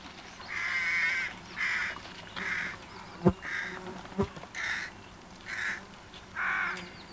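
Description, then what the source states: Hooded Crow giving a series of short, hoarse caws about once a second, with a couple of sharp clicks between them. Finland; released 1987.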